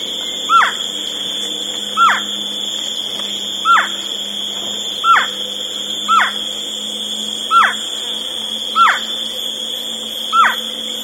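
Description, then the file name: Bird calls: eight brief down-slurred notes repeated about every one and a half seconds, with a constant high-pitched hum behind. "SABIOD 50 bird 2015"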